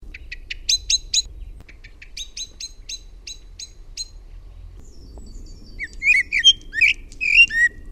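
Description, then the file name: Common blackbird giving quick runs of clicking chink notes, then a short burst of scratchy, warbling twitter toward the end; quiet low rumble behind. "MUSTARASTAS"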